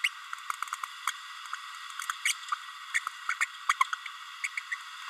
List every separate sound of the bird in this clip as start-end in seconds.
0.04-0.09, 1.08-1.10, 2.25-2.33, 2.51-2.55, 2.94-2.99, 3.29-3.34, 3.40-3.45, 3.69-3.74, 3.80-3.83, 4.43-4.48, 4.57-4.60